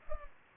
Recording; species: mosquito wingbeat signal from an infrared sensor; Culex pipiens